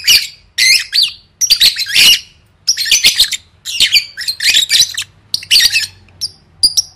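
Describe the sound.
Lovebird squawks: harsh, high, grating bursts in short bouts separated by brief silences, with a couple of thin piping notes near the end.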